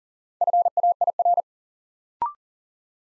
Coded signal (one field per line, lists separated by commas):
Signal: Morse code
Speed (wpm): 42 wpm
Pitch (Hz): 700 Hz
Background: none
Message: FAIR